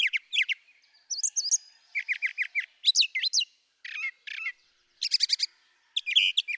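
Brown thrasher song: varied phrases of sharp chirps and whistled notes, each usually repeated two or more times, separated by short pauses.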